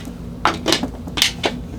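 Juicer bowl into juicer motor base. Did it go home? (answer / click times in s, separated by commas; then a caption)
yes / 0.5 s. The bowl of a Tribest Shine Kitchen Co. cold press vertical slow juicer, lined up with its white dot at the unlocked mark, is twisted onto the motor base until it locks. A sharp hard-plastic knock at 0.5 s marks the lock, followed by more plastic knocks around 0.7 s, 1.2 s and 1.5 s over a steady low hum. The bowl is seated firmly on the base.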